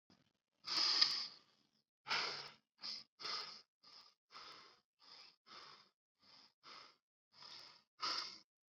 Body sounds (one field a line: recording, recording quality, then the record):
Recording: shallow breathing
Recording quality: excellent, no background noise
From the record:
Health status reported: COVID-19 positive, mild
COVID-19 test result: positive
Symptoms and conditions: cough, cold, sore throat, fever, fatigue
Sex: male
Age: 26 years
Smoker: not ticked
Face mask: not worn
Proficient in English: yes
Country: India